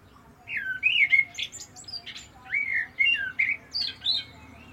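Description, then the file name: Common blackbird sings near-continuous fluty, warbling notes, richly varied and interspersed with sharp, high squeaky bursts throughout. "Turdus merula"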